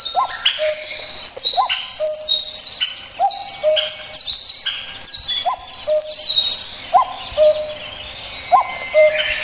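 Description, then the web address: Common cuckoo repeating a steady two-note cu-ckoo beneath a dense chorus of high, twittering chirps from other birds. The chorus thins near the end. "sikioto. kakkou"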